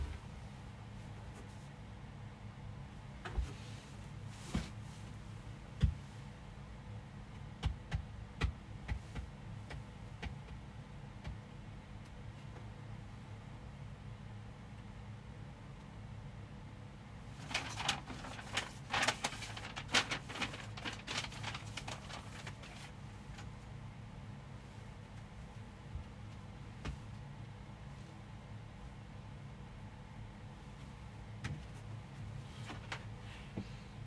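Someone folds clothes and stacks them away, with scattered soft rustles and light knocks every few seconds over a steady low hum. Around the middle, a busier stretch of handling and brushing of fabric sounds louder before settling back.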